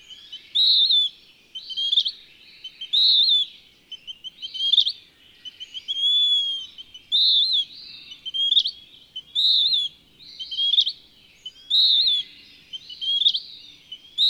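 Western wood-pewee song in a steady run: buzzy, nasal slurred phrases in quick succession, linked by brief sharp notes.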